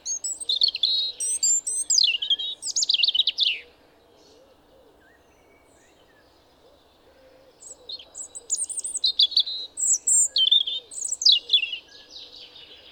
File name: Erithacus rubecula